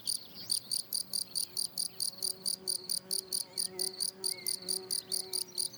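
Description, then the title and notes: Field cricket song: a long run of shrill, evenly spaced chirps in a steady rhythm. Lone, fairly isolated individual singing in steady rhythm; plateau de Lesches en Diois, France; 27 June 2018, 10:00; hot day, already 23°C; recorded with Nagra Seven and MKH8040 microphone. "Un grillon champêtre. 27 juin 2018, plateau de Lesches en Diois"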